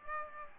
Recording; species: mosquito wingbeat signal from an infrared sensor; Aedes aegypti